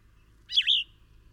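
Bird giving a single quick high chirp lasting about a third of a second, in an otherwise quiet background.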